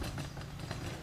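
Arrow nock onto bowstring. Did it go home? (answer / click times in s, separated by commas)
yes / 0.7 s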